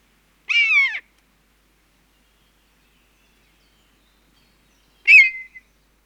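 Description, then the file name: Common buzzard uttering one clear, descending mewing cry, then after a silence of about four seconds a second, sharper call. Hunger call. "Maeusebussard Ruf Hunger Voegel in Europa"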